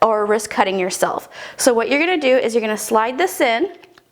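A woman talks while handling a plastic Cricut Maker rotary blade housing, sliding it into the empty plastic case from the blade replacement kit. Two faint, short ticks are heard near the end at about 4.0 and 4.2 seconds. Nothing has seated or clicked yet.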